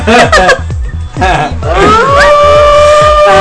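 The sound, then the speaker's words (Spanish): Wavering wolf-like howls rise and bend in pitch, ending in a long sustained wail, all over a steady thumping low rhythm that runs through the whole loud stretch. “El lobo cuando se atora. Y con su firma y todo, ¿no?”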